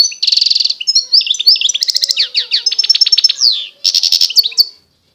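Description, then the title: European goldfinch singing continuously: a buzzy trill at the start, then fast tinkling, sliding notes and rattling runs, ending in another short buzzy burst. Wild bird. "اجمل غناءالحسون الخلويchant chardonneret sauvage"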